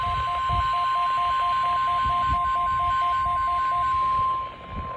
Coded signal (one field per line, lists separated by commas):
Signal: Emergency Alert System (SAME) tones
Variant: 1050 Hz attention tone